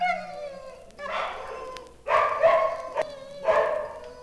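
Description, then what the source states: Dog giving rough barks, a soft one first and then several louder ones, with a whine at the start. Dogs at a dog pound.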